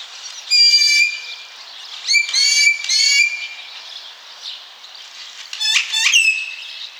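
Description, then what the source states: Great-tailed Grackle: loud ratchety clacking bursts trailing into high whistles, repeated several times over steady background hiss. Illustrates what large flocks roosting together at night may sound like, checking in with each other as the sun goes down.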